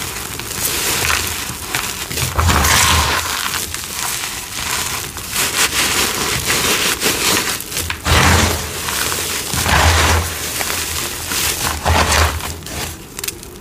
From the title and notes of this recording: Crispy, crunchy, flaky, gritty cornstarch crunchies and dyed gym chalk crumbling. GREEN Citric Acid Dyed Chalk.